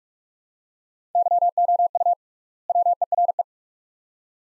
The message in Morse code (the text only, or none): YOU WERE